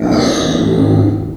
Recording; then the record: squeal of a Yucatan mini pig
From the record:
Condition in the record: before surgery on the right vocal fold (resection and tissue-engineered implant); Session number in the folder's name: 3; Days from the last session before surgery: 0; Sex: female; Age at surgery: 19 weeks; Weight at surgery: 25 kg